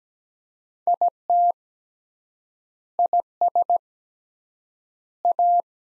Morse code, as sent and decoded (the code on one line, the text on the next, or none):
.. - / .. ... / .-
IT IS A